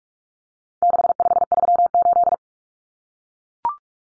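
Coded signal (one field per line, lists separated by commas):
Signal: Morse code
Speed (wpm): 44 wpm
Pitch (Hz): 700 Hz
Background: none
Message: 6538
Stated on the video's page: Common four-digit cut numbers drill at 45 wpm, swapping T, A, N for 0, 1, 9; each sent in Morse, spoken, then sent again.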